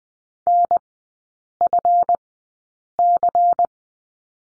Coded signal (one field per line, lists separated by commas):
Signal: Morse code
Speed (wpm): 20 wpm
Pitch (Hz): 700 Hz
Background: none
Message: NFC